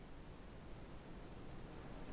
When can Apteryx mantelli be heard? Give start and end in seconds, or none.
none